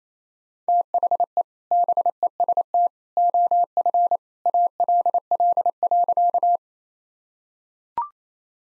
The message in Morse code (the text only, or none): THE BEST OF ALL.